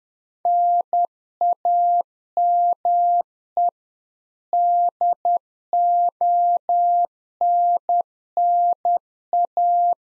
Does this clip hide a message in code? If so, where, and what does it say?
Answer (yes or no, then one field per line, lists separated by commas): yes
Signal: Morse code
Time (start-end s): 0.5-9.9 s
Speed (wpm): 10 wpm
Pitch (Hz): 700 Hz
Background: none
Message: NAME DONNA